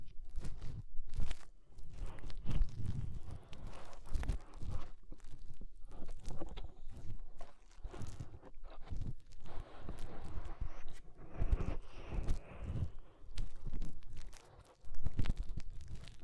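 Fingers rub and scratch inside an ear, making a dense run of muffled crackles, crunches and thumps with deep rumbling underneath. The scraping goes on almost without pause, in uneven bursts, with a brief lull near fifteen seconds before a loud crunch.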